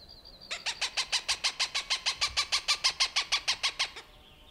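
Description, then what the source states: Cooper's hawk giving a loud, rapid series of many harsh, evenly spaced cak notes. Recorded June 21, 1995.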